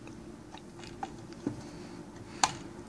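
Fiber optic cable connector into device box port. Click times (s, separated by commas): 2.4 s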